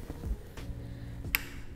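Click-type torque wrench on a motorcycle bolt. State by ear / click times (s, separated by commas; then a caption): torque reached / 1.4 s. A click-type torque wrench is swung in one continuous motion to tighten a bolt on a motorcycle. A faint low rumble and a soft thump at 0.6 s come before the wrench gives a single sharp, bright click at 1.4 s. The wrench reaches its set torque value.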